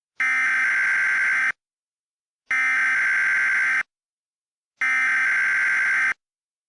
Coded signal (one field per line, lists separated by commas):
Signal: Emergency Alert System (SAME) tones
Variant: header bursts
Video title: EAS Mock 3: Containment Failure